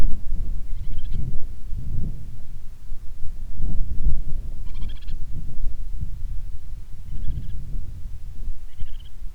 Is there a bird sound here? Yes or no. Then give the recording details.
yes. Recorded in the Prudhoe Bay oil fields, Alaska, on 10 July 2019 at 09:53. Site 11